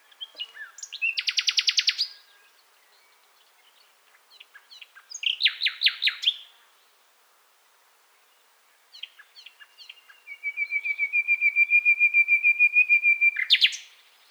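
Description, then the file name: Common nightingale song: loud phrases of rapid buzzy trills and clicking notes separated by pauses, ending with a long even rattle of repeated notes and a sharp final burst. "Luscinia megarhynchos"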